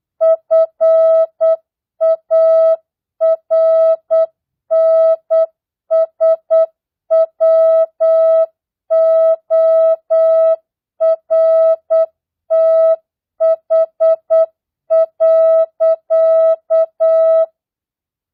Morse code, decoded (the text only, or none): FARNSWORTH.